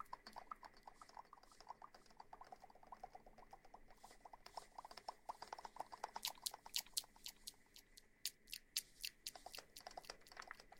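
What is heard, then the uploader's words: Dense crackling and rubbing, like fingers working near the ear, with quick irregular clicks and soft crinkles throughout. From about six seconds the sounds turn sharper and brighter, with crisp snaps between softer scratching. Ear massage.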